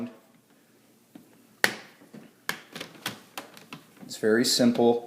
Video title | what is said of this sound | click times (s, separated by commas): Laptop screen replacement How to replace laptop screen Dell Latitude E5520 | pry it back with your fingers and wiggle it a little bit and you will hear it snap off there's little | 1.6 s, 2.5 s, 3.1 s, 3.4 s, 3.7 s